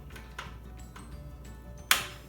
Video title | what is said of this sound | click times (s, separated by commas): How to make homemade whip cream | when you hear that click sound, that means it's secure. | 1.9 s